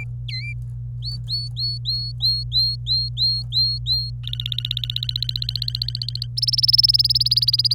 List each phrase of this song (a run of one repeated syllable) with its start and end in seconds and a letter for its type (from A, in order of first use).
0.29-0.52 A, 1.02-4.11 B, 4.23-6.27 C, 6.37-7.74 D